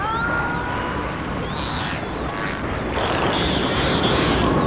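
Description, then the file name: Dolphin whistles, a few wavering high tones followed by hissy bursts over a steady rushing background noise. "Zvuki zhivoj prirody - Delfiny"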